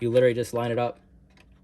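Someone talks for the first second while a plastic dash trim/vent piece around a Dasaita G13 Plus head unit is lined up by hand against the dashboard of a Toyota 4Runner. After the speech, the rest is quiet with two faint short ticks near 1.4 s and 1.7 s. The piece has not popped into place; nothing has seated or clicked yet.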